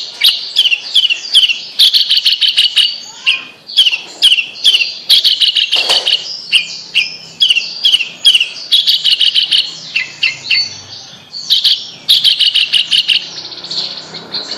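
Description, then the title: Bird song, fast repeated chirping phrases of sharp high notes in quick bursts, nearly continuous, with one louder scratchy note midway. "Kicau Burung Yoi"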